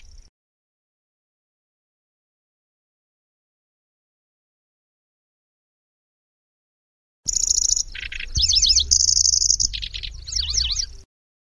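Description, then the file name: Lanceolated warbler song: a brief fragment, then a long silence, then shrill insect-like trills, a lower buzzy rattle and rapid zigzagging whistles over about four seconds. "suara kicauan burung kecici belalang. omkicau"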